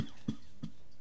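Three short, muffled, low-pitched bursts come about a third of a second apart, a run of quick coughs from an adult man close to a microphone. The bursts are dull and lack sharp, high-pitched noise. This is a plain, repeated cough.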